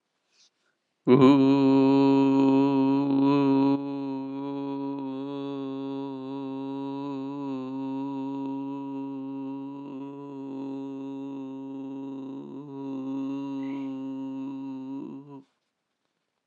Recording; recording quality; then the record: sustained vowel as in boot; excellent, no background noise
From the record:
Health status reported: exposed to COVID-19, no respiratory illness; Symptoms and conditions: none ticked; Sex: male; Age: 53 years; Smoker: not ticked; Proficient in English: yes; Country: United States